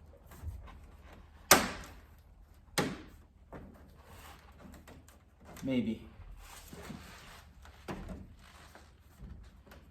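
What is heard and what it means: A plastic grille insert is handled and pressed against a truck's front grille, with sharp plastic knocks around 1.5 and 2.8 seconds followed by softer taps, rustling and brief scraping. Someone talks briefly. The insert has not snapped into place yet; nothing has seated by the end of the clip.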